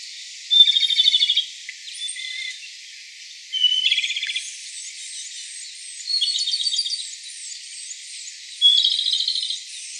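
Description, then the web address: Japanese robin singing four bursts, each a sharp high note followed by a rapid clattering trill. Recorded 15 April 2017. "birdenaga komadori 170415"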